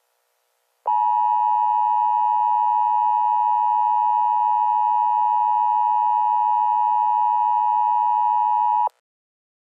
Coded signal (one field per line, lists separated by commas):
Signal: Emergency Alert System (SAME) tones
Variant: 853 and 960 Hz attention tone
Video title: EAS Scenario: Kentucky Coal Mine Fire